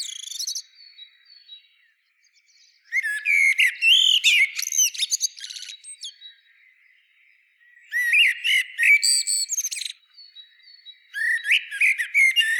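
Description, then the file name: Common blackbird song, repeated phrases of whistles and scratchy high twittering, separated by short quiet pauses. "Turdus merula"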